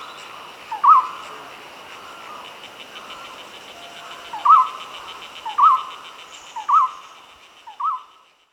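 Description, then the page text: Golden-throated barbet song: a ringing, upslurred note, then after a pause of over three seconds the note repeated roughly once a second, five calls in all, over a steady high insect-like hum. "Golden-Throated Barbet Song. Quick Sounds"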